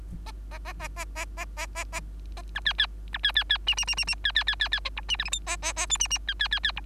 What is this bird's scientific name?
Lonchura striata domestica